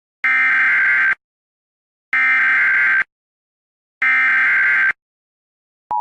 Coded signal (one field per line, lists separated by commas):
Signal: Emergency Alert System (SAME) tones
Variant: header bursts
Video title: PBS kids ￼Florida dish network emergency alert system ￼￼